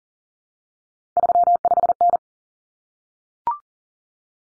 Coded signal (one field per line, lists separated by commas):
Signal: Morse code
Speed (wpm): 40 wpm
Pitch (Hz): 700 Hz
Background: none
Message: 35N